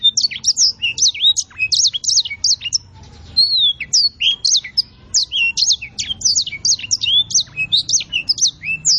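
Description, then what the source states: Songbird song, a rapid, varied stream of high chirps, trills and whistled notes with brief pauses, steady low background hum. Tutor song for training songbirds, complete.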